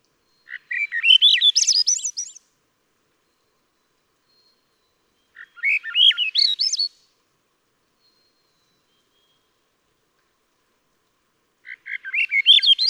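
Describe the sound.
Swainson's thrush singing three upward-spiraling, breathy whistled phrases spaced several seconds apart, the last one cut off at the end.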